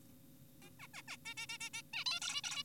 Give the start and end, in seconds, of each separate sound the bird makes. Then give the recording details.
0.62-0.70, 0.80-0.88, 0.94-1.02, 1.08-1.17, 1.26-1.34, 1.38-1.46, 1.49-1.58, 1.61-1.70, 1.74-1.82, 1.94-2.04, 2.06-2.20, 2.22-2.41, 2.44-2.63. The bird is an adult. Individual g4p5U